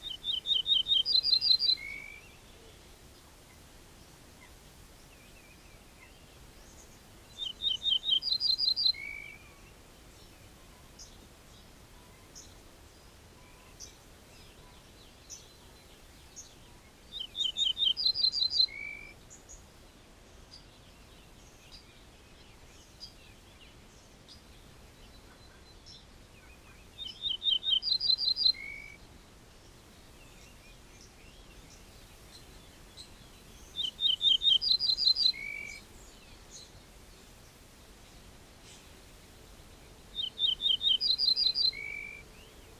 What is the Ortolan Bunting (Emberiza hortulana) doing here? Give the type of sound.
song